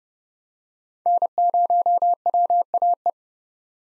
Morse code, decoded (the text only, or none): N0WAE